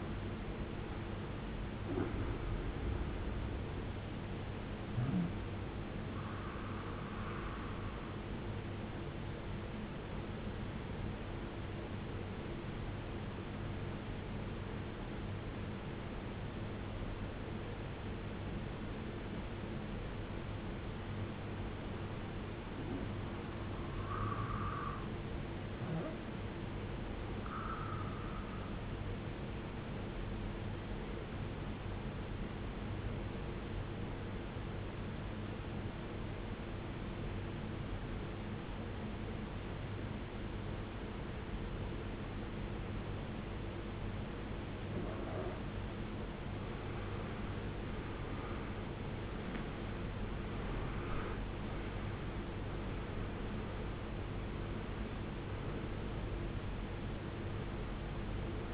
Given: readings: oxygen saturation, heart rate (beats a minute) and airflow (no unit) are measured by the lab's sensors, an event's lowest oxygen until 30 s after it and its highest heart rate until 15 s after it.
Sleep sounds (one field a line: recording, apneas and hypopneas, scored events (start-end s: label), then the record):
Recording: breathing in sleep by a voice recorder at the bedside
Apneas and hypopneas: 2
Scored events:
9.00-39.00 s: new sleep stage, N2 (light sleep)
10.00-22.50 s: obstructive apnea (N2, oxygen 93% highest, then 91% lowest, heart rate 58 at the start, 68 highest)
36.00-48.50 s: obstructive apnea (N2, oxygen 94% highest, then 83% lowest, heart rate 68 at the start, 79 highest)
39.00-58.74 s: new sleep stage, N1 (lightest sleep)
From the record:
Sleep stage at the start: N1 (lightest sleep)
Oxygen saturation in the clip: 82 to 95%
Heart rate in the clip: 55 to 79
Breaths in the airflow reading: 7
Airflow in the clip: -18.7 to 17.2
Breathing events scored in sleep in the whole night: 389 in 6.3 hours asleep